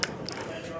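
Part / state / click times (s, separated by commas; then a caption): metal chamber adapter in a 12 gauge shotgun chamber / released / 0.0 s, 0.3 s. A break-action 12 gauge shotgun is opened, and the metal caliber chamber adapter pops out of its chamber. A sharp metallic click sounds at 0.0 seconds and a second, shorter click at 0.3 seconds over a low steady background. The adapter is released from the chamber.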